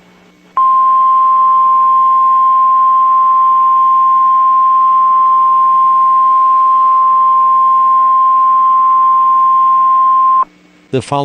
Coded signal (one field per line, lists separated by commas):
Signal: Emergency Alert System (SAME) tones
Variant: 1050 Hz attention tone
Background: speech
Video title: NOAA EAS LAKESHORE FLOOD WARNING 3/11/21